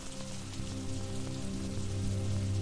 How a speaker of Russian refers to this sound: Утро встретило его тяжелым похмельем, хмурым небом и стучащим о полы шляпы и мостовую редким дождем.